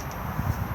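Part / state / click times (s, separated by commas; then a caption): awning support arm into its lock on the canopy / not seated / none. With the canopy wound out on an Auto-Sleeper Warwick XL MQ, an awning support arm is handled toward its lock on the canopy to give it more support. Only low, muffled handling and rumbling noise is heard, with no distinct snap. Nothing has seated or clicked into place yet.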